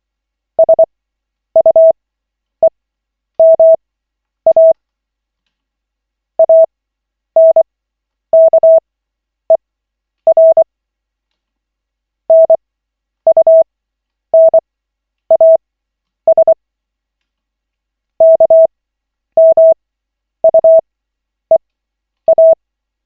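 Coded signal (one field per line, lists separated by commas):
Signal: Morse code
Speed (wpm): 24 wpm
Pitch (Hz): 650 Hz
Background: none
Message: SUEMA ANKER NUNAS KMUEA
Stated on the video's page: Koch method CW practice session at lesson 7 of 40, using LCWO.net.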